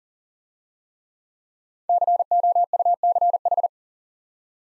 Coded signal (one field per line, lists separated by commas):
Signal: Morse code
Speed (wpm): 49 wpm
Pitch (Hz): 700 Hz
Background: none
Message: COUCH